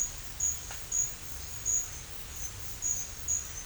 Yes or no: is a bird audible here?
no